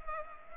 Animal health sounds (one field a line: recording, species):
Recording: mosquito wingbeat signal from an infrared sensor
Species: Culex pipiens